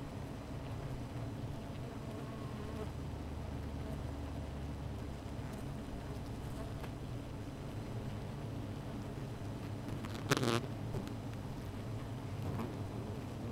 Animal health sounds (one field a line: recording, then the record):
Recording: honeybee colony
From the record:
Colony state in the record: missing queen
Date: 14 July 2017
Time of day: 15:45